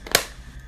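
A plastic flip lid on a stamp ink pad case is pulled all the way to the end, flipped back over and pressed closed. A faint tap comes at about 0.1 s, then a sharp snap at 0.2 s as the lid seats. The click shows the lid is fully shut, since without it the lid is not closed all the way.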